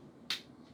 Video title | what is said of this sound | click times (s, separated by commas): Unboxing Beats Solo 3 Wireless On-Ear Headphone | you hear it? It clicks. It's just like it clicks right in place. | 0.3 s